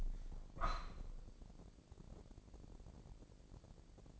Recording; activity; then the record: daily activity, microphone in the room; open window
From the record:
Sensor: 5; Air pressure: 1012.3 hPa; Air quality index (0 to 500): 163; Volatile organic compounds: 2 ppm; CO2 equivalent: 1103 ppm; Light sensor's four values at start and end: 69/167/69/74 and 71/172/71/76